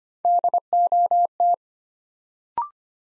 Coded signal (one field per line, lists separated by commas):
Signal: Morse code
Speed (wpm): 25 wpm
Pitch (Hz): 700 Hz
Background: none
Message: DOT